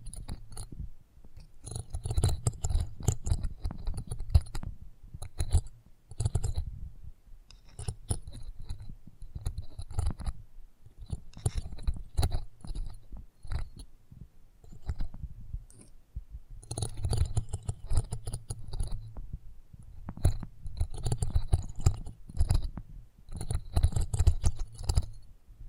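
Close-up mic handling: dense bursts of scratching, rubbing and clicking with deep thuds, briefly pausing around 9 and 15 seconds before resuming.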